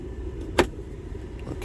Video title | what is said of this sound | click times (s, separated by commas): 06 ford explorer radio removal | just snaps back in and then what you do is you put your two | 0.6 s